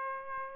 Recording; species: mosquito wingbeat signal from an infrared sensor; Aedes aegypti